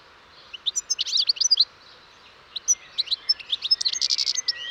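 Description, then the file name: European goldfinch song: a fast, jangling series of high twittering notes, pausing briefly midway before resuming as a denser, buzzy chatter. "Carduelis carduelis"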